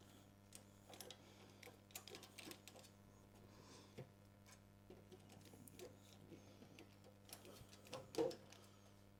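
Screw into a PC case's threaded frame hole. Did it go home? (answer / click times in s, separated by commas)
no / none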